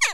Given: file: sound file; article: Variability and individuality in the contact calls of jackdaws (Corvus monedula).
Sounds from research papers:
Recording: jackdaw call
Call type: harmonic

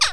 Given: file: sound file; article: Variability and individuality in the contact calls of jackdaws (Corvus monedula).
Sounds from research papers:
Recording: jackdaw call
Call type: harmonic

